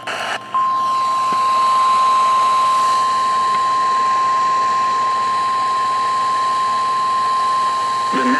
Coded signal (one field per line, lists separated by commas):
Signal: Emergency Alert System (SAME) tones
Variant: 1050 Hz attention tone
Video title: A MARINER'S MANIC MARGINAL... Severe Weather EAS Alerts from July 8-9th, 2025 (EAS #2,104-2,131)